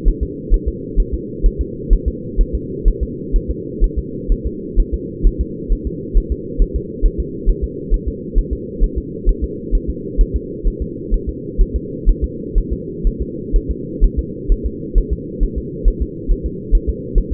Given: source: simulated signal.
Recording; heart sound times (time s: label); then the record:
fetal heart sounds
0.08 s: S1
0.23 s: S2
0.54 s: S1
0.68 s: S2
1.00 s: S1
1.14 s: S2
1.46 s: S1
1.61 s: S2
1.93 s: S1
2.08 s: S2
2.41 s: S1
2.55 s: S2
2.88 s: S1
3.03 s: S2
3.36 s: S1
3.51 s: S2
3.84 s: S1
3.98 s: S2
4.32 s: S1
4.46 s: S2
4.80 s: S1
4.94 s: S2
5.26 s: S1
5.41 s: S2
5.72 s: S1
5.87 s: S2
6.17 s: S1
6.32 s: S2
6.62 s: S1
6.76 s: S2
7.05 s: S1
7.20 s: S2
7.49 s: S1
7.64 s: S2
7.94 s: S1
8.08 s: S2
8.38 s: S1
8.53 s: S2
8.84 s: S1
8.98 s: S2
9.29 s: S1
9.44 s: S2
9.75 s: S1
9.90 s: S2
10.21 s: S1
10.36 s: S2
10.67 s: S1
10.82 s: S2
11.14 s: S1
11.29 s: S2
11.61 s: S1
11.76 s: S2
12.09 s: S1
12.24 s: S2
12.58 s: S1
12.73 s: S2
13.07 s: S1
13.22 s: S2
13.56 s: S1
13.71 s: S2
14.04 s: S1
14.19 s: S2
14.52 s: S1
14.66 s: S2
14.98 s: S1
15.13 s: S2
15.43 s: S1
15.58 s: S2
15.88 s: S1
16.02 s: S2
16.31 s: S1
16.46 s: S2
16.75 s: S1
16.89 s: S2
17.18 s: S1
17.33 s: S2
From the record:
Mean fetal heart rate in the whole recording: 130 bpm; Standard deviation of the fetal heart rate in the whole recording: 4 bpm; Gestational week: 38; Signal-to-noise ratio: -4.1 dB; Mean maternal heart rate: no maternal heart sound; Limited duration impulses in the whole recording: absent